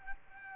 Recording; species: mosquito wingbeat signal from an infrared sensor; Aedes aegypti